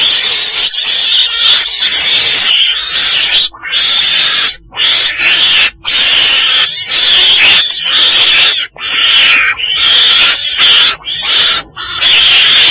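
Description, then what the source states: Weasel giving almost continuous raspy screeching, the harsh sound running on with only a few short breaks. Black weasel (chồn đen) calling.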